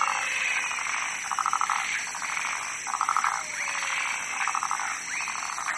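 Frog croaking in repeated rattling pulse trains, several overlapping bursts about every one and a half seconds, over a steady high-pitched hiss.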